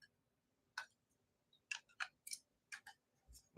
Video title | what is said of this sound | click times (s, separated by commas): SLOTCAR SATURDAY NIGHT LIVE!!! 02/01/2025 7:15pm. cst | I just snaps right in there | 0.8 s, 1.7 s